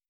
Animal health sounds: hydrophone in a shrimp aquaculture tank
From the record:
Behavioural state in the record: starved

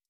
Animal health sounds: hydrophone in a shrimp aquaculture tank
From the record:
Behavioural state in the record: stressed

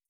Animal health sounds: hydrophone in a shrimp aquaculture tank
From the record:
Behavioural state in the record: feeding

